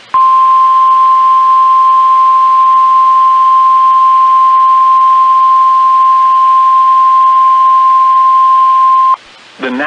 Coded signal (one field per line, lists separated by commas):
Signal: Emergency Alert System (SAME) tones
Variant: 1050 Hz attention tone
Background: speech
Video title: EAS #2: Tornado Watch for Indiana, Kentucky & Ohio. Station WZ2523 Frankfort, KY